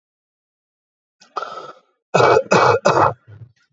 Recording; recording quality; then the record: heavy voluntary cough; excellent, no background noise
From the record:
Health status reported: healthy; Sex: male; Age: 35 years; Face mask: not worn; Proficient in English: yes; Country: India